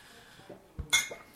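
Glasses clink together once in a toast, a bright chime that rings briefly, preceded by a soft dull knock against a quiet background.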